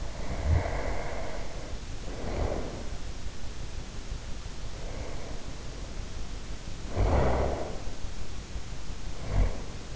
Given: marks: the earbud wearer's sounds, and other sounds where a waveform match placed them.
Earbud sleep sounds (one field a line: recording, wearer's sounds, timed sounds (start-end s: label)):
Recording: sounds in sleep by an in-ear microphone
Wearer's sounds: snoring breath, breath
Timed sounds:
0.00-2.88 s: snoring breath
4.70-5.61 s: breath
6.75-7.89 s: snoring breath
9.06-9.87 s: snoring breath